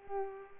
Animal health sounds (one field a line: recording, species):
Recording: mosquito wingbeat signal from an infrared sensor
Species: Culex pipiens